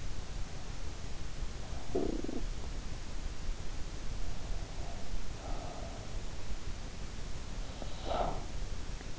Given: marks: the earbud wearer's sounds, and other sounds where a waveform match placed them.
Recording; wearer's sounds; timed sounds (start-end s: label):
sounds in sleep by an in-ear microphone; talking in sleep, breath, teeth grinding
1.45-3.43 s: talking in sleep
4.21-6.67 s: breath
7.59-9.19 s: teeth grinding